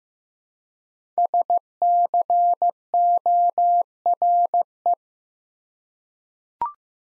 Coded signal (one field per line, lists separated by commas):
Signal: Morse code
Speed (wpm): 15 wpm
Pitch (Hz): 700 Hz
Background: none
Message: SCORE